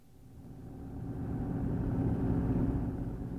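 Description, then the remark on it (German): A green Renault's engine drones steadily as it speeds along a dark highway from Rouen toward Reims, a low rumbling roar that swells in the first second and then holds strong and even, with no voices. “Fahr doch nicht so schnell.”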